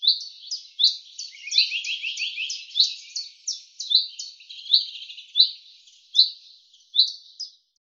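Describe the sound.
Common chaffinch song, repeated series of sharp high notes, some falling, on a silent background.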